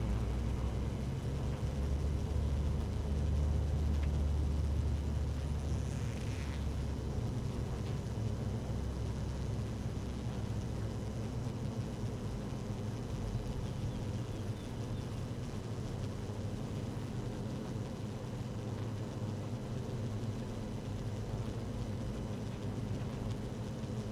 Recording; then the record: honeybee colony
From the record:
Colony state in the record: active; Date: 12 June 2018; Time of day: 13:56